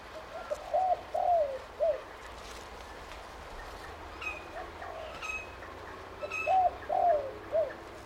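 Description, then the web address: Spotted dove cooing, a soft three-part phrase of mellow hoots with the middle note drawn out and falling, given twice; a few faint higher chirps from another bird between. "Sound Effects-Foundation 1 BIRD SPOTTED TURTLE DOVE CALL"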